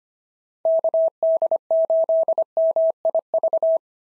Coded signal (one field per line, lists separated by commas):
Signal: Morse code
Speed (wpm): 24 wpm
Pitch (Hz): 650 Hz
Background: none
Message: KD8MIV